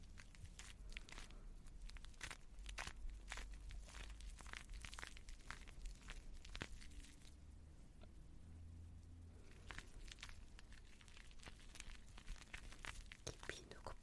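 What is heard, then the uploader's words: Shaving foam is worked and squished in dense, wet, crackly bursts, with many quick sharp clicks and smacks throughout. The handling eases around the middle, where a soft low hum and quieter fizzing take over, then the sticky squelching picks back up. 거친듯 부드러운듯 쉐이빙폼 치덕치덕. Shaving foam sound. Zoom H6, 에이포트 핀마이크 AP211.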